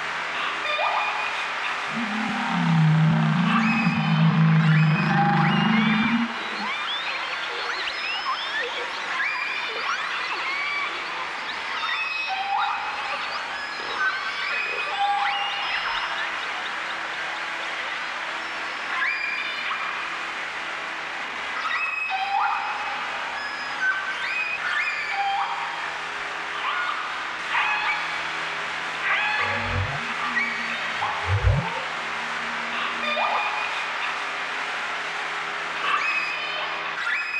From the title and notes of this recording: Underwater Whale Song Sound.